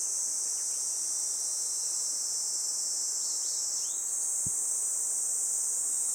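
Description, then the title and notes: Kaempfer cicada chorus, a steady, unbroken high hiss that never pauses, with a few faint bird chirps and a single soft knock partway through. Chorus of many cicadas that had just begun singing in summer, in a forest by the Tama River; other insects and birds also calling. "多摩川の森、ニイニイゼミたちの合唱"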